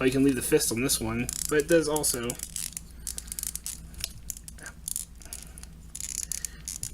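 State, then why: Seated. Someone talks while a plastic Power Rangers Operation Overdrive TransMax toy vehicle, with its fist left on, is forced onto the combined Drivemax Megazord robot; it is stiffer to fit than the others. Sharp plastic clicks and rattles come at about 4.0, 4.3 and 4.9 seconds as it is pushed. The part finally seats home with a click at 6.3 seconds.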